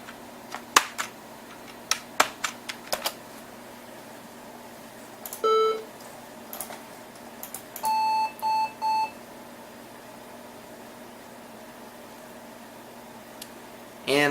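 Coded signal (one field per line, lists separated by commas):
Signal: beep code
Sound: clicks and knocks, a single low beep, then three higher beeps, first longer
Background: small room, mechanical clicks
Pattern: 1 long, 2 short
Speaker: And I'm getting a beep code, it seems.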